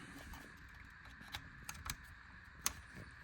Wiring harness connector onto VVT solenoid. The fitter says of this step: There you go. You make sure you hear that click, and then you see that little white tab, that little green